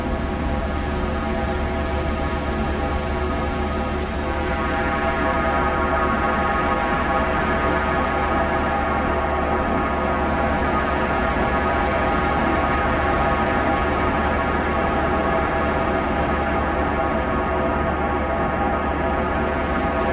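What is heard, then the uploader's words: A thick, unbroken drone holds at an even level for the whole stretch, built from many stacked steady tones over a low, rumbling base. From about four seconds on, the brightest upper edge slowly swells and dips in wavering sweeps. Drone.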